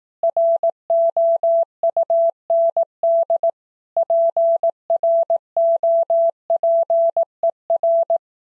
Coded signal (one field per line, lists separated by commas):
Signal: Morse code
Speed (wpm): 18 wpm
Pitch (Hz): 670 Hz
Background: none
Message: ROUND PROPER